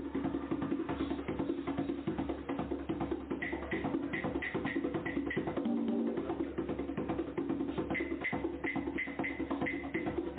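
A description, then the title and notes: Drumming plays in a dense, steady stream of fast strokes, with a heavy low boom underneath and a thick midrange thump that barely lets up. Short bright ringing notes repeat in quick runs around four to five seconds and again near the end. Drumming.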